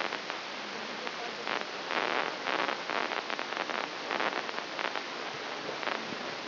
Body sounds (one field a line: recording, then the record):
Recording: brain microelectrode recording played as sound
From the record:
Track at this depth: inside the subthalamic nucleus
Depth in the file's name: 6.305 mm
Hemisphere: left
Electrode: 3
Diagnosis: Parkinson's disease